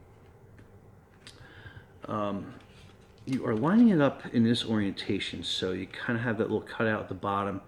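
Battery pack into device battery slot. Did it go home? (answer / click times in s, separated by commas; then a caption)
no / none. Someone talks while holding a battery pack and lining it up with the cutout at the bottom of a device's battery slot before pushing it in, with faint handling taps near 0.6 s and 1.3 s. The battery has not seated or clicked yet.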